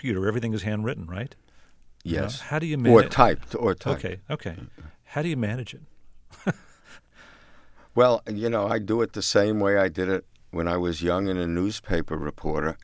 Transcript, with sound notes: Everything is handwritten, right?
Yes.
How do you manage...
Or typed. Or typed.
OK. OK. How do you manage it?
(LAUGHTER)
Well, you know, I do it the same way I did when I was young and a newspaper reporter.